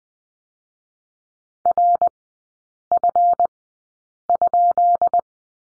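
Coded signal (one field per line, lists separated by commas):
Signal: Morse code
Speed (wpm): 20 wpm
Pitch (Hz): 700 Hz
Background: none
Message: RF?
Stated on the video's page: Morse code course lesson on the letter F, three-character groups at Farnsworth speed 20/10 wpm.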